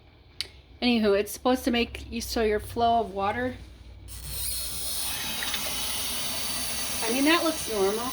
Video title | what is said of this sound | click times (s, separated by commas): The thing where the water comes from. | i feel like this shouldn't be out like this should be on the inside but it snaps right in | 0.4 s